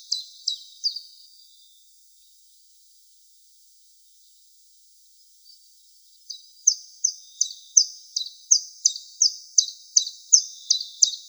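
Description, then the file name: Common chiffchaff singing high, clipped notes; three at the start, a pause of several seconds, then a long even series at roughly three notes per second. East European subspecies. "Penochka-tenkovka vostochno-evropejskij podvid"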